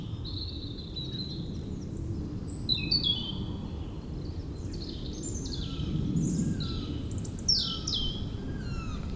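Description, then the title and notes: European robin delivering rippling, high-pitched warbled phrases, some falling in pitch, set against a constant deep engine rumble. Singing in the huge Meerdaalbos forest, Oud-Heverlee, Belgium, with planes taking off nearby. "3051 Oud-Heverlee, Belgium - Meerdaalbos. Into the huge forest called Meerdaalbos, the European Robin singing, and planes takeoffs"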